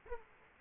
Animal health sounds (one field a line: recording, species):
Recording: mosquito wingbeat signal from an infrared sensor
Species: Aedes aegypti